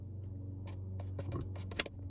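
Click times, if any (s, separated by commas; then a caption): 1.8 s. A BlackVue dashcam is pushed further into its plastic windshield mount, with a few soft handling taps and scrapes over a steady low hum. A sharp click at 1.8 s marks the camera seating home in the mount.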